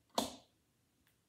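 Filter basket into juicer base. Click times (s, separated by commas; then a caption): 0.2 s. A juicer's pulp filter basket, its arrows lined up with the arrows inside the juicer body, is pressed down into the base and snaps into place with one sharp, bright snap at 0.2 s that rings out briefly. A faint tick follows near 1.1 s, and the filter basket is seated.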